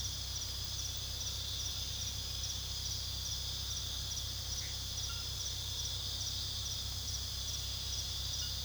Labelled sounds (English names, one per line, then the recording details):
none
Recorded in pastures near Puerto Asís, Putumayo, Colombia, on 19 February 2024 at 00:00
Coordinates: 0.486, -76.323
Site G6462